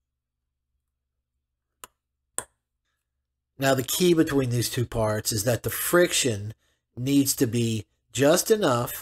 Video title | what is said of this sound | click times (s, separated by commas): Watch Repair Lesson #4-The Motion Works and How it Works | And you push down and you'll hear a slight click. | 2.4 s